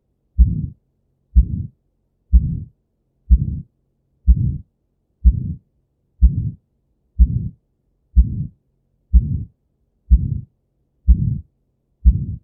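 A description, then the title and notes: A heart with aortic stenosis beats at a steady, even pace of roughly one beat per second, thirteen beats in all. Each beat opens with a sharp low thud that swells into a short, rough whooshing murmur, all deep and muffled, separated by near silence. Aortic stenosis: an ejection systolic murmur which radiates to the carotids.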